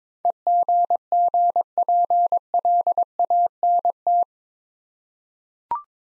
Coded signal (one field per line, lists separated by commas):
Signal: Morse code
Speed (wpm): 22 wpm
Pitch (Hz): 700 Hz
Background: none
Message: EGGPLANT